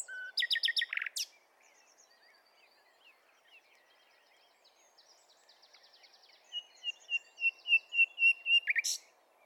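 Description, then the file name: Common nightingale singing: an opening burst of fast harsh notes, a quiet pause with chirps, then a run of loud repeated whistled notes rising in strength. "Luscinia megarhynchos"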